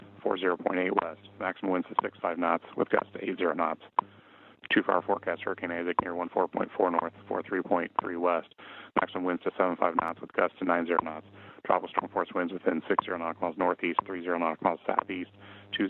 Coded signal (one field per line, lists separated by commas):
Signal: radio time signal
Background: speech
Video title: 038 - Petition to Save WWV, WWVB, and WWVH